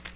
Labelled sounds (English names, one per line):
Tennessee Warbler flight call